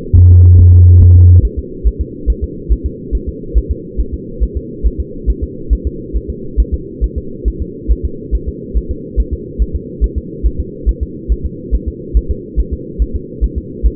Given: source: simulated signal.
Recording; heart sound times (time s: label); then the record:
fetal heart sounds
0.18 s: S1
0.31 s: S2
0.60 s: S1
0.74 s: S2
1.02 s: S1
1.16 s: S2
1.45 s: S1
1.59 s: S2
1.87 s: S1
2.01 s: S2
2.30 s: S1
2.44 s: S2
2.72 s: S1
2.86 s: S2
3.15 s: S1
3.29 s: S2
3.57 s: S1
3.71 s: S2
4.00 s: S1
4.14 s: S2
4.43 s: S1
4.57 s: S2
4.87 s: S1
5.00 s: S2
5.30 s: S1
5.44 s: S2
5.73 s: S1
5.87 s: S2
6.16 s: S1
6.30 s: S2
6.60 s: S1
6.74 s: S2
7.04 s: S1
7.18 s: S2
7.48 s: S1
7.62 s: S2
7.92 s: S1
8.05 s: S2
8.35 s: S1
8.49 s: S2
8.77 s: S1
8.91 s: S2
9.20 s: S1
9.34 s: S2
9.62 s: S1
9.76 s: S2
10.04 s: S1
10.18 s: S2
10.46 s: S1
10.60 s: S2
10.89 s: S1
11.03 s: S2
11.32 s: S1
11.46 s: S2
11.75 s: S1
11.88 s: S2
12.17 s: S1
12.31 s: S2
12.60 s: S1
12.73 s: S2
13.02 s: S1
13.16 s: S2
13.44 s: S1
13.58 s: S2
13.86 s: S1
From the record:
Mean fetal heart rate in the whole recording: 140 bpm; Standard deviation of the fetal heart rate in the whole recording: 2 bpm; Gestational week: 34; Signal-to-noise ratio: -4.3 dB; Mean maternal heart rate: 72 bpm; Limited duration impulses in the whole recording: present